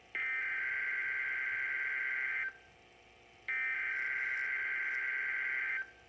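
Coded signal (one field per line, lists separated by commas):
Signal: Emergency Alert System (SAME) tones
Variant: header bursts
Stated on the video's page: EAS tones from NOAA Weather Radio received on a WR-400 for a severe thunderstorm watch.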